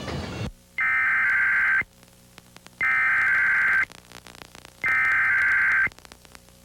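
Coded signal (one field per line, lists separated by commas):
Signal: Emergency Alert System (SAME) tones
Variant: header bursts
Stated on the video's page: Winter storm alert relayed by a TV station using its longtime VDS840 equipment.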